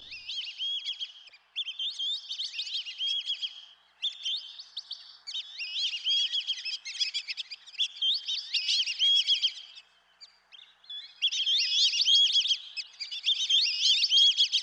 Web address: Dan Gibson Wildlife Identification By Sound, Western North America 51 Black-Bellied Whistling Duck